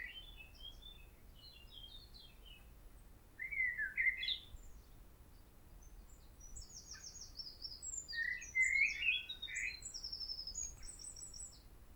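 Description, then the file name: Common blackbird song: mellow, fluty warbled phrases alternate with squeaky, high twittering notes, each phrase separated by short pauses over a steady low background hiss. "Turdus merula"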